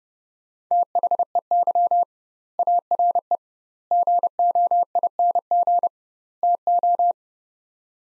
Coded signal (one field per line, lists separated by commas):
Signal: Morse code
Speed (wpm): 30 wpm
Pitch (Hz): 700 Hz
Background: none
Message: THEY ARE GOING TO